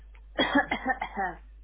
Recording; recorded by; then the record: voluntary cough; telephone call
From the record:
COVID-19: negative